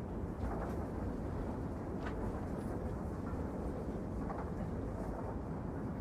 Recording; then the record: background sound without coughing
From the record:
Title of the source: Train Ride Ambience ambient white noise for sleeping, focus, studying, reading